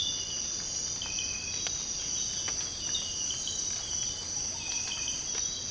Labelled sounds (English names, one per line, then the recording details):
none
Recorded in secondary vegetation near Puerto Asís, Putumayo, Colombia, on 24 March 2025 at 06:00
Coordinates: 0.502, -76.326
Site G100